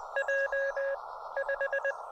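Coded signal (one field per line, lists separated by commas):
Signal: Morse code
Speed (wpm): 20 wpm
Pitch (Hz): 590 Hz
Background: none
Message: J 5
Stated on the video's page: Morse from a combined summit and two-park activation at one site.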